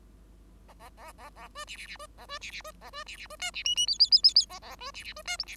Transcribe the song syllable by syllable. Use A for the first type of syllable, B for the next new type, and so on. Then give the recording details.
A A A A A B C C C B A B C C B A B C C B D C E E F F F F F A A B C C B D G C. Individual Bird5